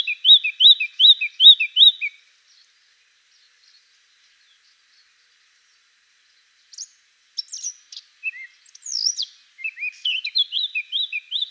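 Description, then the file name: Eurasian blackcap song: a rapid run of repeated high chirping notes, a pause of several seconds, then a varied scratchy warble ending in another fast repeated phrase. "Sylvia atricapilla"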